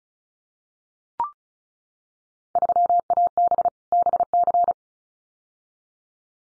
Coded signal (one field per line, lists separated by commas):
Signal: Morse code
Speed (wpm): 36 wpm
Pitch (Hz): 700 Hz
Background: none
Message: 3AB BC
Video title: Field Day Exchange Encore 35wpm